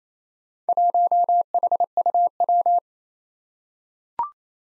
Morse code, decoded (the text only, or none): 1HUW